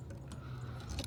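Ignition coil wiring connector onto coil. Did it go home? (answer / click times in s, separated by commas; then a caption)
yes / 1.0 s. An ignition coil wiring connector is pushed onto its coil on a 2018 Porsche Panamera 4S 2.9L V6 biturbo during a spark plug change, and its red locking tab is pressed down. Against a steady low hum, faint handling ticks come at about 0.1, 0.3 and 0.9 s, then a short, sharp click at 1.0 s as the connector seats. It clicks in and feels secure.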